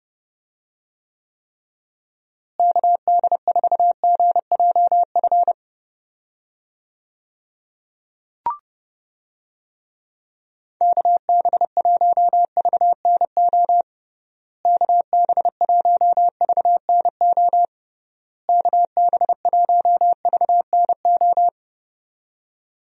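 A call sign is sent in Morse code as a steady mid-pitched tone keyed in quick dots and dashes, in separate bursts, with one sharp click between.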